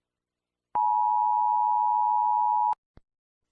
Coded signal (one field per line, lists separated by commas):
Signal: Emergency Alert System (SAME) tones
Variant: 853 and 960 Hz attention tone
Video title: Eas alarms I finally did it